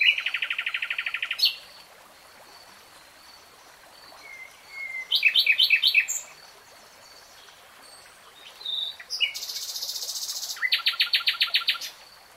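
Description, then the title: Nightingale song: rapid repeated trills, a short whistle, clipped chirps and a buzzy rattle, with quiet gaps between phrases. Singing; real-time recording. "[Tiếng chim hót] Nightingale Singing"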